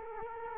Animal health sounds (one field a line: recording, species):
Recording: mosquito wingbeat signal from an infrared sensor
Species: Culex quinquefasciatus